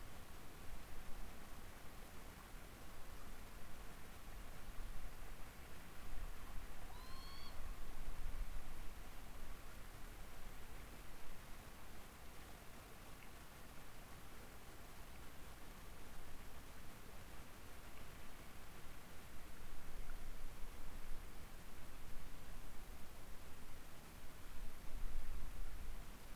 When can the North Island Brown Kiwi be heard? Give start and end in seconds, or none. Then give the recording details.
none. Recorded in New Zealand on 16 October 2015. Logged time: 20:14. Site BM6